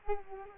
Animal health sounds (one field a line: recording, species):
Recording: mosquito wingbeat signal from an infrared sensor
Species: Culex quinquefasciatus